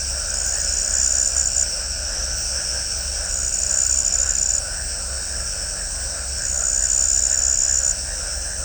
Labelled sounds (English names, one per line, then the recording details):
none
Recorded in shrubland near Pivijay, Magdalena, Colombia, on 2 June 2023 at 22:30
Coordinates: 10.453, -74.365
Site P5-G022